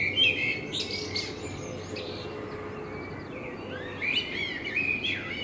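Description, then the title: Common blackbird song: high twittery notes, a pause, then another warbled phrase, over a low droning background. Blackbird in front of the recordist's window; captured binaurally with a self-built dummy head, for headphone listening. "Kunstkopfaufnahme der Amsel vor meinem Fenster"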